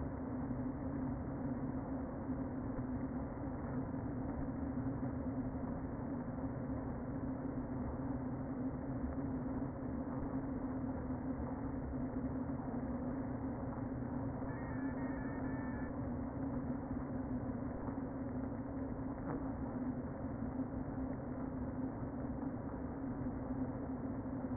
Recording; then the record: honeybee colony, microphone inside the hive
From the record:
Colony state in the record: queen present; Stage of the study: before two queens were removed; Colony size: about 60,000 bees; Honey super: yes